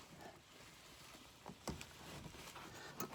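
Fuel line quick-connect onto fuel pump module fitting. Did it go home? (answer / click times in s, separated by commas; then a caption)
no / none. The fuel line quick-connect is bent slightly, lined up and pushed onto the fuel pump module fitting during a fuel pump replacement on a 2001 Chevy Suburban that won't start. Soft handling and rubbing noises are heard, with a sharper knock around 1.7 s and another near 3.0 s. Nothing has seated or clicked home yet.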